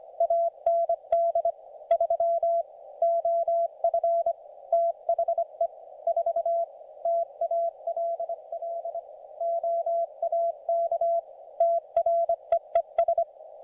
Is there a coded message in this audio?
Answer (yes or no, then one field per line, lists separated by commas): yes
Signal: Morse code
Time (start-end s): 0.2-13.2 s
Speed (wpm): 25 wpm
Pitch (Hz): 690 Hz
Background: none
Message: AND 3 OF THE 4 TALL OAK TREES